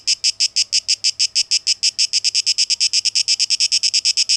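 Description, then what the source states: Cicada song as crisp separate high-pitched buzzy pulses in quick succession, with a quiet background. Tape echo mix; recorded 12 August 2023.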